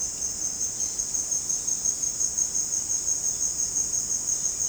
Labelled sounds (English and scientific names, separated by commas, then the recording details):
none
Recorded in dense forest near Puerto Asís, Putumayo, Colombia, on 22 June 2025 at 16:30
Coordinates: 0.499, -76.324
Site G100